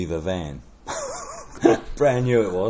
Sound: chuckle